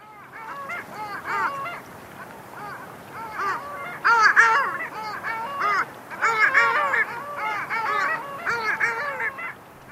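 Long-tailed Duck song: many overlapping nasal, yodelling calls rising and falling, in a busy chorus that swells in bursts.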